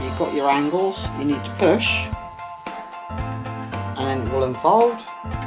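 Someone talks over background music while pushing at the hinge angle of the folding leg joint on a portable laptop table so the leg starts to unfold. Nothing has seated or clicked yet; the leg is still being handled and is not yet locked in place.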